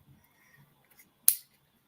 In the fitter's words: you hear that click with the